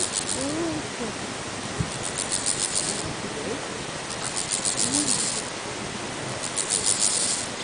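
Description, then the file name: Bow-winged grasshopper song: high, scratchy buzzing bursts against a steady hissing background. "Chorthippus biguttulus"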